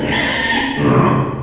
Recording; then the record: squeal of a Yucatan mini pig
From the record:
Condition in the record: before surgery on the right vocal fold (resection and tissue-engineered implant); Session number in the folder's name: 2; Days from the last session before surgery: 0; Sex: male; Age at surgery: 12 weeks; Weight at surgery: 13 kg